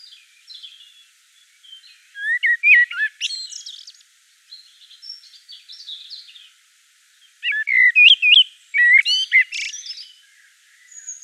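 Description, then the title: Common blackbird song: two mellow fluted warbling phrases, each trailing into soft, high, scratchy twittering, with quiet pauses between. Recorded in Provence. "Sylvain Jaskowiak - Mes piafs. Merle noir en Provence"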